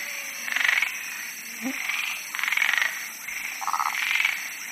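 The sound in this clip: Several frogs give loud rattling, pulsed croaks about every second, over a continuous high whine.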